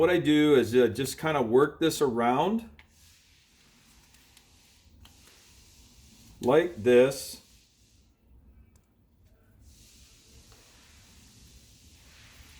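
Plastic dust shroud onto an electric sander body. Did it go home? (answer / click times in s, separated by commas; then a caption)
no / none. A plastic dust shroud is worked around the body of an electric sander by hand to line it up before it is pushed over the ridge, as the conversion of a non-vacuum 5" or 6" sander to vacuum-compatible begins. Someone talks at the start and again around 6.5–7.3 s, while faint handling and rubbing noises with a few soft ticks near 4.4, 5.1 and 8.8 s fill the quiet gaps. The shroud has not snapped or seated yet.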